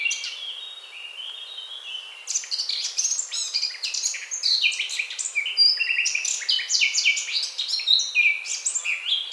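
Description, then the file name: Eurasian blackcap song that starts softer and builds into a long, busy warble of rapid chattering and whistled notes. "Sylvia atricapilla"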